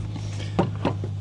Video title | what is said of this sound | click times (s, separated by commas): Moultrie Pro Hunter III Directional Feeder - Review and Tutorial | But this pretty much just goes in. Twist and it locks in place. | 0.6 s, 0.9 s